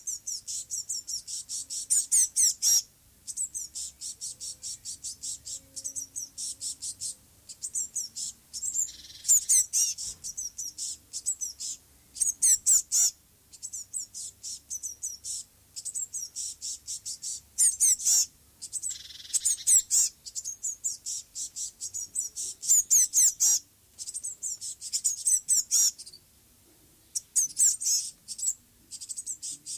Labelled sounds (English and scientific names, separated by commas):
Eurasian Blue Tit (Cyanistes caeruleus) call